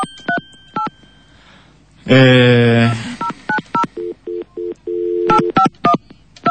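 A phone number is keyed in with a quick series of short dual-tone keypad beeps. A loud buzzy burst interrupts partway, then a few repeated low tones and more rapid beeps follow.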